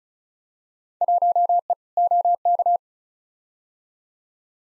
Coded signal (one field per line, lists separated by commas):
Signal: Morse code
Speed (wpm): 34 wpm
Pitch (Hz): 700 Hz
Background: none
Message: 1E OK